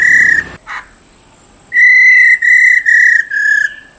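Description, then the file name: Black-throated laughingthrush gives a short note and a brief harsh sound, then, after a pause, four steady whistled notes in quick even succession. Female call used to stimulate males. "Tieng khuou mun mai ro kich trong"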